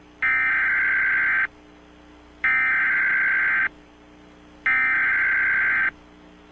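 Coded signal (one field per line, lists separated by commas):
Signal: Emergency Alert System (SAME) tones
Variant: header bursts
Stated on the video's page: Fictional EAS scenario.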